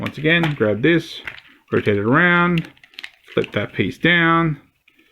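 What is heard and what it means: Someone talks while handling a plastic leg extension piece on a combining, transforming robot figure, rotating, flipping and extending it toward its locked position in the leg. Faint handling ticks come near the end, but the piece has not locked or clicked into place yet.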